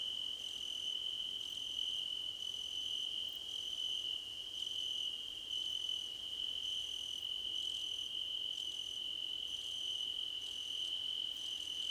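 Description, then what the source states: Crickets in a steady high trilling chorus, with short chirps repeating roughly every second over the continuous drone. Several crickets chirping together, described as a choir competition.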